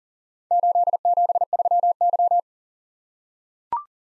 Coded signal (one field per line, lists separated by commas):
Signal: Morse code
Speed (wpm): 38 wpm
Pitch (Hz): 700 Hz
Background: none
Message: 873Y